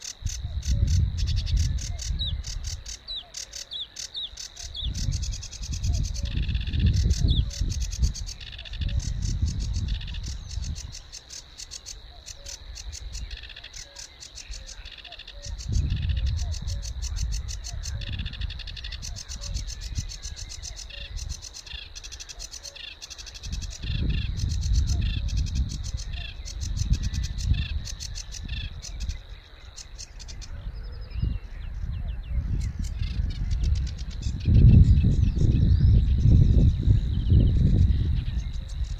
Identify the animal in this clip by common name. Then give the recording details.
Sedge Warbler. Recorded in the wild. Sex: male. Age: adult. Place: Warsow, Kummerower See, Mecklenburg-Vorpommern, DE. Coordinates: 53.8375, 12.8344. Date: 2012-05-24 06:10. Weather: 8°C, sunny, weak winds from NE. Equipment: Sound Devices 702, Sennheiser MKH 70, Rycote Windschutz. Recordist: Frommolt, Karl-Heinz. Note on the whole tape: Polder Große Rosin bei Warsow: Gesang von zwei Schilfrohrsängern in einem ausgedehnten Seggenbestand. Parallel dazu erfolgte Vierkanalaufzeichnung. Entfernung 10 m. Zum Teil starke Windgeräusche